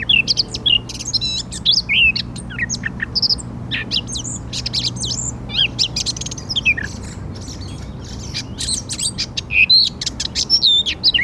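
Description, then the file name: Eurasian blackcap song: a long, busy run of scratchy chattering notes mixed with quick whistled, fluty warbles, with brief pauses and a faint low hum beneath. "Sylvia atricapilla"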